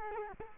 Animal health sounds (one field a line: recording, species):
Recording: mosquito wingbeat signal from an infrared sensor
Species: Culex quinquefasciatus